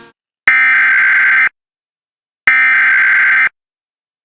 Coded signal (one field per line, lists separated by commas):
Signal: Emergency Alert System (SAME) tones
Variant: header bursts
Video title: US Emergency Alert Systems 2026 (part 5)